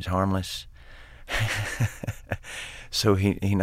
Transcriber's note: soundbite of laughter